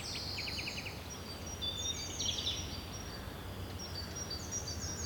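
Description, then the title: Bird twitters, a short rapid trill at the start and scattered high chirps afterwards, faint against a steady low rumble. Bird ambience recorded at Rue du Rossignol, Seneffe, Belgium, with a Sony PCM-D100 using its internal microphones. "Rue du Rossignol 7, 7180 Seneffe, Belgique - Birds ambience"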